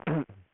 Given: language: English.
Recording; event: throat vibration sensor signal played as sound; throat clearing